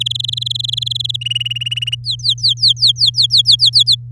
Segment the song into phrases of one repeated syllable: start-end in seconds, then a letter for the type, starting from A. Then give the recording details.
0.00-1.16 A, 1.21-1.95 B, 2.04-3.95 C. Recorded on 10 May 2018 at 13:20. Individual llb16